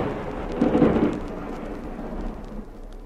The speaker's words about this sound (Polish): Zanosi się na burzę.